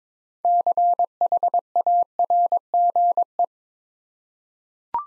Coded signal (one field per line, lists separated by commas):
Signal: Morse code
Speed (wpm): 22 wpm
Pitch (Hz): 700 Hz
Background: none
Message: CHARGE